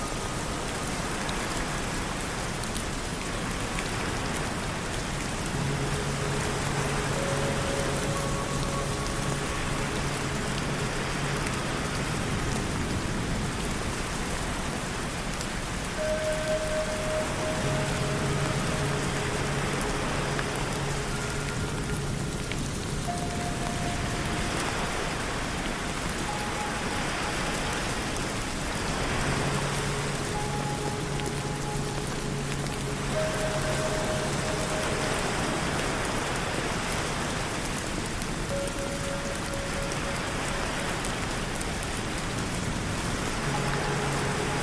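Dense, steady rain hisses throughout while ringing singing-bowl tones and a low humming drone rise and fade roughly every twelve seconds.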